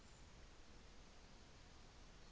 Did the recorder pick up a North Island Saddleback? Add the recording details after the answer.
no. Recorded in New Zealand on 24 December 2018. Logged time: 14:45